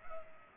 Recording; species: mosquito wingbeat signal from an infrared sensor; Culex pipiens